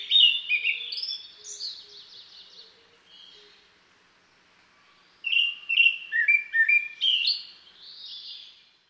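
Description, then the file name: Japanese thrush song: varied fluty whistled phrases, then a pause of about two seconds before another loud burst of repeated, ringing notes. "kurotsugumi"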